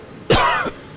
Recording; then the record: coughing mixed with background sound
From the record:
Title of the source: Coughing 51